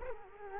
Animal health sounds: mosquito wingbeat signal from an infrared sensor; Culex quinquefasciatus

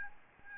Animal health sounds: mosquito wingbeat signal from an infrared sensor; Aedes albopictus

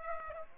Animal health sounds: mosquito wingbeat signal from an infrared sensor; Aedes aegypti

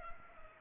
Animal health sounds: mosquito wingbeat signal from an infrared sensor; Culex pipiens

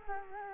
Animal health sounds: mosquito wingbeat signal from an infrared sensor; Culex quinquefasciatus

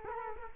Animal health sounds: mosquito wingbeat signal from an infrared sensor; Culex quinquefasciatus

